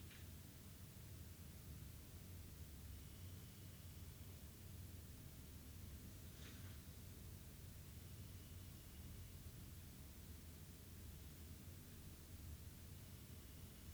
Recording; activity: daily activity, guitar pickup as the sensor; sit